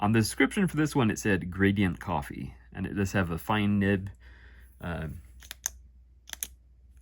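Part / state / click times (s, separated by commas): retractable nib mechanism in a fountain pen barrel / seated / 5.7 s, 6.4 s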